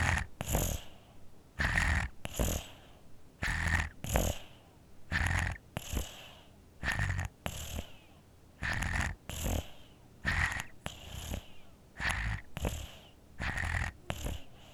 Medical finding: Baby Infant Sleeps Snores With a Cold Congested.